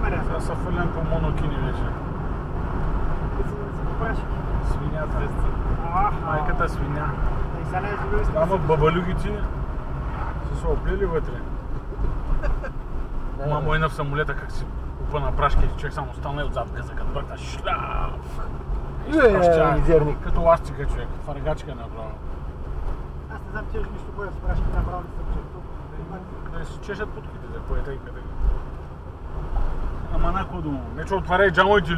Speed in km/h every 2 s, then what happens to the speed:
74, 74, 75, 74, 62, 50, 42, 38, 40, 43, 43, 43, 45, 46, 46, 44.
0-7 steady at about 74. 7-14 brakes to 38. 14-26 speeds up to 46. 26-32 steady at about 46.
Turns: none.